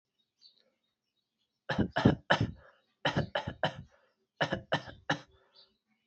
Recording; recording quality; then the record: shallow voluntary cough; excellent, no background noise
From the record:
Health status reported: healthy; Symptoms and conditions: none ticked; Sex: male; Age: 25 years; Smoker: not ticked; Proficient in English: yes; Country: India